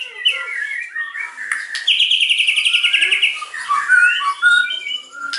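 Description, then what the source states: White-rumped shama song centered on a fast, even trill of repeated notes, surrounded by warbled whistles and softer chattering phrases. Lure song (pancingan) meant to provoke an immediate response from other birds; bird described as gacor, singing actively and often.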